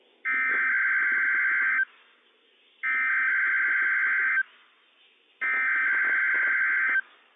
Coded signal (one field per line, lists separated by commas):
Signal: Emergency Alert System (SAME) tones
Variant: header bursts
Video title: NWS PDT Required Weekly Test - WWF56 - EAS #107 - 10:07 AM PDT 5/26/21